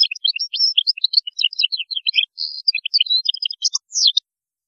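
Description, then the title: Goldfinch delivering a continuous, sprightly twittering song of varied chirps, slurs and a brief buzzy note, ending on a downward slurred call. "Chant Chardonneret"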